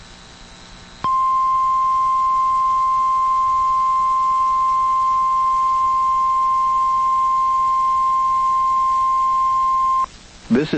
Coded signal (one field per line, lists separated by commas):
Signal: Emergency Alert System (SAME) tones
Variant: 1050 Hz attention tone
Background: speech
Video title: EAS #2,493-2,497 Required Weekly Tests 1/28/26